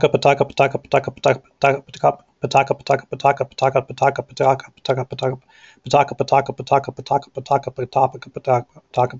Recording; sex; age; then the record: repeated syllables /pa ta ka/; male; 30 to 39 years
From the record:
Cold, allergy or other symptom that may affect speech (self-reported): no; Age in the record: 38 years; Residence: New Hampshire, United States